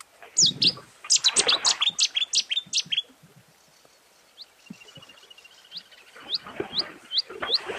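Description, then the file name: Bluethroat song: a fast burst of high, sharp chirping notes, then sparse, clear, upslurred notes spaced out. "gorge bleue"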